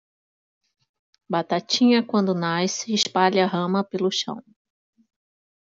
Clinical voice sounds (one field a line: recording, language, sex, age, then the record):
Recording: short text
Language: Brazilian Portuguese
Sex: female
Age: 50 to 59 years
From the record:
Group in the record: control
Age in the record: 55 years